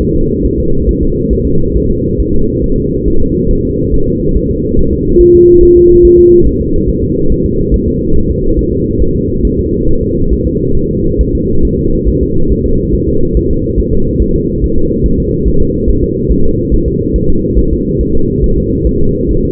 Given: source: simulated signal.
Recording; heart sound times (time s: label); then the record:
fetal heart sounds
0.02 s: S1
0.16 s: S2
0.45 s: S1
0.59 s: S2
0.89 s: S1
1.03 s: S2
1.33 s: S1
1.47 s: S2
1.77 s: S1
1.91 s: S2
2.20 s: S1
2.34 s: S2
2.64 s: S1
2.78 s: S2
3.08 s: S1
3.22 s: S2
3.51 s: S1
3.65 s: S2
3.94 s: S1
4.08 s: S2
4.37 s: S1
4.51 s: S2
4.79 s: S1
4.93 s: S2
5.21 s: S1
5.35 s: S2
5.63 s: S1
5.77 s: S2
6.05 s: S1
6.19 s: S2
6.47 s: S1
6.61 s: S2
6.89 s: S1
7.03 s: S2
7.32 s: S1
7.46 s: S2
7.74 s: S1
7.88 s: S2
8.16 s: S1
8.30 s: S2
8.59 s: S1
8.73 s: S2
9.02 s: S1
9.16 s: S2
9.45 s: S1
9.59 s: S2
9.89 s: S1
10.03 s: S2
10.33 s: S1
10.47 s: S2
10.77 s: S1
10.91 s: S2
11.21 s: S1
11.35 s: S2
11.65 s: S1
11.79 s: S2
12.09 s: S1
12.23 s: S2
12.52 s: S1
12.66 s: S2
12.95 s: S1
13.09 s: S2
13.37 s: S1
13.51 s: S2
13.80 s: S1
13.94 s: S2
14.22 s: S1
14.36 s: S2
14.64 s: S1
14.78 s: S2
15.06 s: S1
15.20 s: S2
15.48 s: S1
15.62 s: S2
15.89 s: S1
16.04 s: S2
16.32 s: S1
16.46 s: S2
16.74 s: S1
16.88 s: S2
17.16 s: S1
17.30 s: S2
17.59 s: S1
17.73 s: S2
18.01 s: S1
18.15 s: S2
18.44 s: S1
18.58 s: S2
18.87 s: S1
19.01 s: S2
19.31 s: S1
19.45 s: S2
From the record:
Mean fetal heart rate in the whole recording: 140 bpm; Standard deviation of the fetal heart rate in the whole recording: 2 bpm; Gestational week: 34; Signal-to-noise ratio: -17.7 dB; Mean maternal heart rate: 72 bpm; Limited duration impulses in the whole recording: present